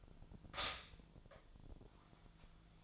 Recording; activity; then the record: daily activity, microphone in the room; stop toaster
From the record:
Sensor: 5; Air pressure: 1009.4 hPa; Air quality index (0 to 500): 167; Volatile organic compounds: 4 ppm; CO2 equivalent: 1618 ppm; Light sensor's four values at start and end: 63/175/68/67 and 64/177/68/68